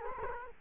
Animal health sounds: mosquito wingbeat signal from an infrared sensor; Culex quinquefasciatus

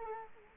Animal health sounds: mosquito wingbeat signal from an infrared sensor; Culex quinquefasciatus

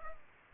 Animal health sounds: mosquito wingbeat signal from an infrared sensor; Culex pipiens

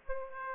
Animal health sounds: mosquito wingbeat signal from an infrared sensor; Aedes aegypti

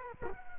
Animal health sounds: mosquito wingbeat signal from an infrared sensor; Culex quinquefasciatus

